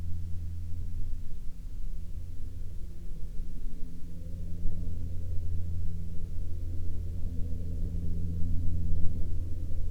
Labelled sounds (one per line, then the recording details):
man-made sound
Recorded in the Prudhoe Bay oil fields, Alaska, on 5 May 2021 at 14:15
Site 21